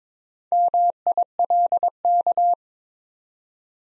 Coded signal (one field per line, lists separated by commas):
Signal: Morse code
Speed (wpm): 23 wpm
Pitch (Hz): 700 Hz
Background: none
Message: MILK